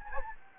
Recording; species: mosquito wingbeat signal from an infrared sensor; Anopheles gambiae